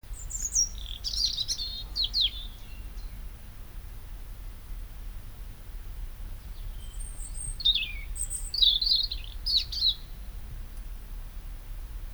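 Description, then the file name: European robin delivering high, jumbled, scratchy warbles at the start, then a quiet gap before another burst of squeaky twittering phrases, with faint low hum. "Erithacus rubecula"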